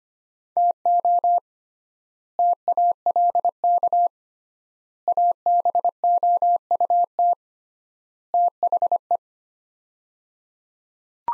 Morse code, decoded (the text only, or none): TO TALK ABOUT THE